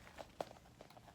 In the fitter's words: So when you close her, she just snaps right into place with the magnets.